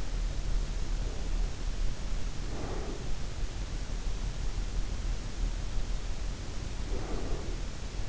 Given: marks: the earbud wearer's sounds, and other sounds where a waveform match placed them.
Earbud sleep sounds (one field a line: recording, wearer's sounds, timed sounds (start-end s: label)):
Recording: sounds in sleep by an in-ear microphone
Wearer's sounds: breath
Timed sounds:
1.90-3.17 s: breath
6.75-8.09 s: breath